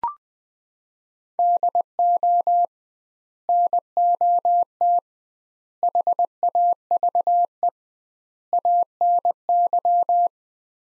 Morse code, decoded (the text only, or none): DO NOT HAVE ANY